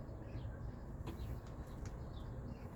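A car door lock actuator motor, just repaired, is handled while being fitted back into the metal and plastic door lock mechanism. Against a steady low rumble, two brief faint knocks come at about 1.1 and 1.9 seconds. The part has not seated or clicked home yet.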